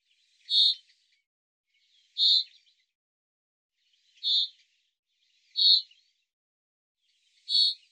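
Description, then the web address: Bird calling with five clipped, buzzy high notes spaced irregularly, roughly one to two seconds apart, with nothing else audible. "Deverinetal 2025 File cleaned normalized Bird Fr Co"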